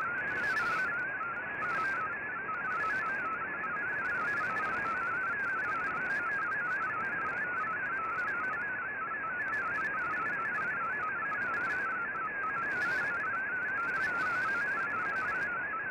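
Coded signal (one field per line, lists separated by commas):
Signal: multi-tone FSK (Olivia or MFSK type)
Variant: MFSK32 or MFSK64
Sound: fast warbling single tone hopping among many close pitches, continuous, over hiss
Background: radio static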